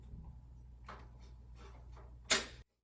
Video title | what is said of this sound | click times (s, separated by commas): Helix: Unboxing | until it pops up. | 2.3 s